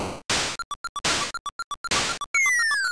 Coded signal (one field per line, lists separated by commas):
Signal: none